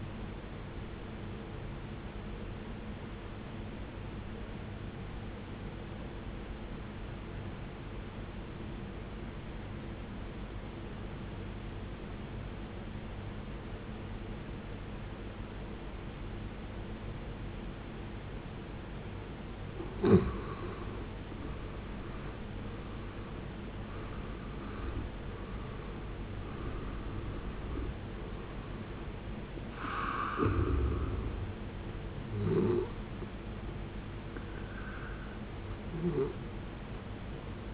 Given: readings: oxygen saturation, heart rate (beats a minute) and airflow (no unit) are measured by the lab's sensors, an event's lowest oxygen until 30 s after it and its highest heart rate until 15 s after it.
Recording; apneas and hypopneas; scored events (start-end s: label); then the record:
breathing in sleep by a voice recorder at the bedside; 1
7.00-24.40 s: obstructive apnea (N2, oxygen 95% highest, then 78% lowest, heart rate 68 at the start, 74 highest)
16.00-37.74 s: new sleep stage, N1 (lightest sleep)
From the record:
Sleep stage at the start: N2 (light sleep); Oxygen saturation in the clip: 80 to 95%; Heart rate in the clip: 59 to 76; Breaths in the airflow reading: 4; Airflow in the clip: -14.2 to 14.8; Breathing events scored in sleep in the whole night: 389 in 6.3 hours asleep